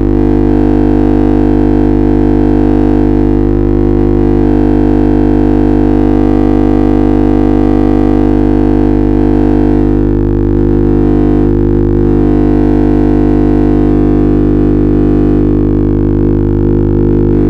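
Synthesized oscillator tones form a dense, steady drone of stacked pitches, heavy in the low and middle range with a faint hiss above. Small flickers ripple through the sound, and around ten to twelve seconds the upper layer thins and wavers before settling.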